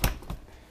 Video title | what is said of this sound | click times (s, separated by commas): Suzuki Burgman 650 Emergency Seat Release | see uh my key is you can hear the click my key is still functioning properly so | 0.0 s